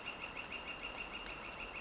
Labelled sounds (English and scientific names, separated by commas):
Northern Flicker (Colaptes auratus)